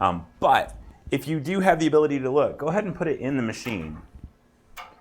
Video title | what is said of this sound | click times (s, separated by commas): Machine Basic Setup, loading and running designs. | don't hold the lever when I do that I just keep my thumb on it and then press in and you should hear it click and | 4.8 s